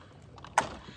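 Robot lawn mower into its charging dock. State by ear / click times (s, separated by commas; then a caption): seated / 0.6 s. A Mammotion Luba Mini 2025 four-wheel-drive robot lawn mower backs in reverse onto its plastic charging base. Two faint soft knocks at about 0.4 and 0.5 s lead into a sharp, bright click at 0.6 s as the mower clips into the dock, followed by a short fading tail. The mower is seated on its charging base.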